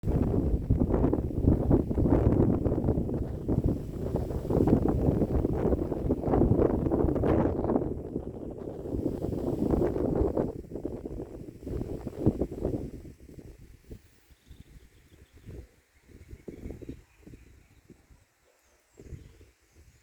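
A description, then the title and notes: Outdoors beside a wheat field and pond, gusts of wind buffet the microphone with a dense, low rumble for the first half. After about twelve seconds the wind eases into scattered bumps and quieter gaps, leaving a faint hiss behind. Wheat field and a pond. A wheat field besides a pond surrounded by some trees, in the far western region of the state of Santa Catarina, Brazil, just a few hundred meters from the border with Misiones, Argentina.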